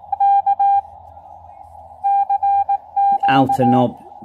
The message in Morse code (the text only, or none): K CQ